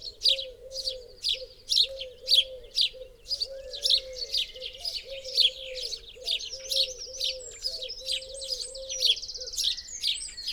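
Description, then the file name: House sparrow chirps, a steady run of sharp, bright notes, over a low, wavering hum of rounded tones. "Passer domesticus"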